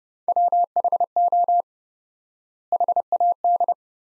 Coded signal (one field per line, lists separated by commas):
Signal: Morse code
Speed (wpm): 30 wpm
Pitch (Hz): 700 Hz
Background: none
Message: WHO HAD